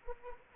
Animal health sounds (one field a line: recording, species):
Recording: mosquito wingbeat signal from an infrared sensor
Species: Anopheles arabiensis